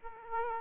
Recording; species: mosquito wingbeat signal from an infrared sensor; Aedes aegypti